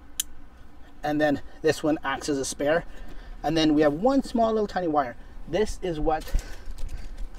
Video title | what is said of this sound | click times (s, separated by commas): Hansshow Cyber Button - Install and TRUTHFUL Review | push it until it clicks | 0.2 s